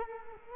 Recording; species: mosquito wingbeat signal from an infrared sensor; Culex quinquefasciatus